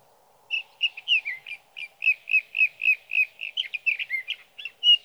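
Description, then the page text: Sage thrasher song, a steady run of short warbled notes, about four each second, with a faint low hum underneath. Male singing at night near his night roost in Sierra Valley, California, evening June 12 to morning June 15, 2018; recorded with a Swift recorder. "61. Sage thrasher songs, through the night."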